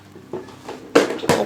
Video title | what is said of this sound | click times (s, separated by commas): BABY RIDE ON SCOOTER for Kids - Manual push ride TOY Bike with Music & Sound - unboxing & Assembling | front வந்துடுச்சு. | 1.0 s